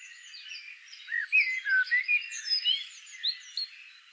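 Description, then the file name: Common blackbird giving a quick run of short slurred whistles mixed with thin high twitters. "Turdus merula"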